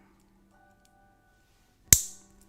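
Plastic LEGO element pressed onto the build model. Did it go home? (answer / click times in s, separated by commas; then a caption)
yes / 1.9 s. A plastic LEGO element is pressed onto a build model, repeating the same connection to reproduce the click. A single loud, sharp click lands at 1.9 s against a faint steady hum, and the part seats.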